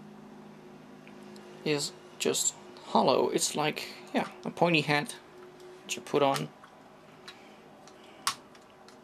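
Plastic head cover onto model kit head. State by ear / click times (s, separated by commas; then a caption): seated / 8.3 s. Someone talks while a hollow, pointed plastic head cover is pushed onto the head of an MG The-O model kit. A single sharp, loud click is heard at 8.3 s as the cover seats in place.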